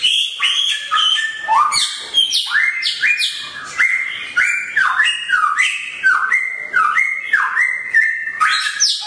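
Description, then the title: Songbird: bird delivering a steady stream of bright, sliding notes in quick, rhythmic phrases. Songbird named Samyong, said to be worth one billion, singing actively (gacor) with piercing volume (volume tembus). "SAMYONG 1 MILYAR GACOR VOLUME TEMBUS [Burung Kicau"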